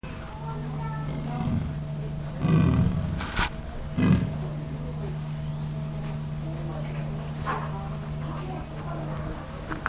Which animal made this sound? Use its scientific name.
Panthera pardus